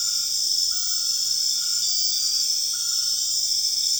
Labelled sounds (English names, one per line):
none